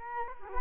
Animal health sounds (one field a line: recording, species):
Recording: mosquito wingbeat signal from an infrared sensor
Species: Culex quinquefasciatus